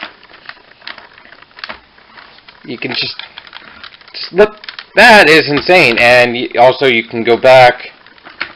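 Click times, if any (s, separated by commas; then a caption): none. The gun pieces of a plastic Transformers Cybertron Primus transforming robot toy are handled as they start to fold back in, with small scattered plastic clicks and taps throughout while someone talks. Nothing has seated or clicked into its folded position yet.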